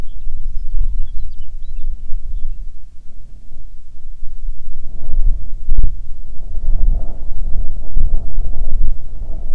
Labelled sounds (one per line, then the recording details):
songbird
wind
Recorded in the Prudhoe Bay oil fields, Alaska, on 6 June 2019 at 03:43
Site 16